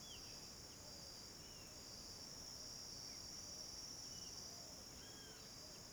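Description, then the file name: Cricket chorus, a constant high buzzing trill, overlaid by several brief whistled bird notes and short sweeping chirps. Chorus of crickets in the late afternoon, with some birds also calling. "Coro de grilos em fim de tarde com alguns passaros"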